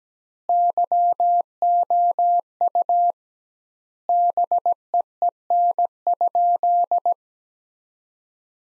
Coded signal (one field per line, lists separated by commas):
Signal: Morse code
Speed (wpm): 17 wpm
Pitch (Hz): 700 Hz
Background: none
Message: YOU BEEN?